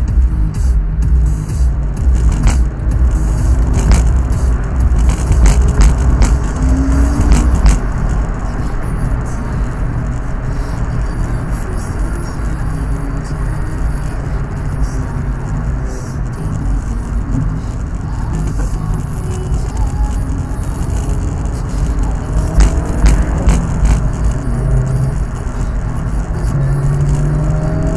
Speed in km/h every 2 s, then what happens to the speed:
48, 60, 68, 79, 81, 74, 72, 69, 56, 52, 48, 53, 64, 64.
0-7 speeds up to 81. 7-20 slows to 48. 21-28 speeds up to 64.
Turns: none.